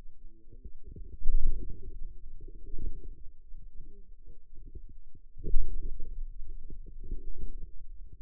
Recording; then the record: forearm muscle sounds (acoustic myography)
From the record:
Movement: wrist extension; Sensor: system 2, bracelet of six BSWA MPA416 microphones around the upper forearm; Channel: 5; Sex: female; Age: 21 years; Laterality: right